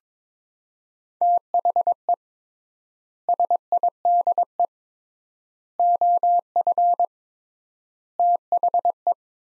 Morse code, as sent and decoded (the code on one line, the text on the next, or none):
- .... . / ... .. -.. . / --- ..-. / - .... .
THE SIDE OF THE